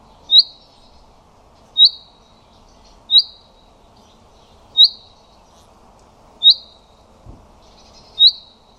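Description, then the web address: Common chaffinch calling with short, high, sharp notes repeated roughly every one and a half seconds, six in all, with a brief low thump between the last two. "Deverinetal 2025"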